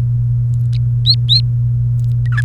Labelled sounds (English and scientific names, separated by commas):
Domestic Canary (Serinus canaria) song